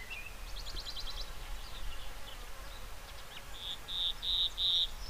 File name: Luscinia megarhynchos